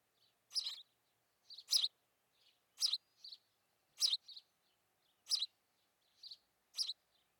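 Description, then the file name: House sparrow chirping steadily, a loud chirp about every second with softer notes between. "Passer domesticus"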